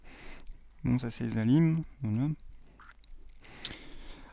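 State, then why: Seated. A RAM memory module is pushed fully into a motherboard DIMM slot, and the side retention clips snap back on their own with two quick clicks at 0.4 and 0.5 seconds, seating the module. Someone then talks, and a few more small taps and clicks follow.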